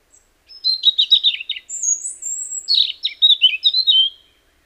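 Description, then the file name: European robin singing one long, varied phrase of high warbles, thin sliding whistles and quick trills, continuous for nearly four seconds in a quiet background. "Erithacus rubecula"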